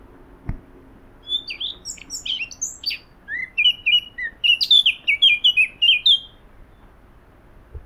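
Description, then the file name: Eurasian blackcap song: a scratchy, high, varied warble that runs into a string of clearer, lower fluty notes repeated quickly, with a soft thump near the start and end. "Sylvia atricapilla"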